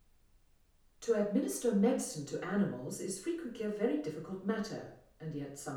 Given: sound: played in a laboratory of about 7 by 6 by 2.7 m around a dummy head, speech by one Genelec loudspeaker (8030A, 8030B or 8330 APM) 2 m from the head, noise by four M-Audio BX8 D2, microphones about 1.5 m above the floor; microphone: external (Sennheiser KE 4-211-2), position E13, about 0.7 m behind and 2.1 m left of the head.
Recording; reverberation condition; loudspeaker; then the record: female speech in English; medium; 90 degrees to the right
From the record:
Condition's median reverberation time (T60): about 510 ms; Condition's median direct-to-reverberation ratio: about -0.5 dB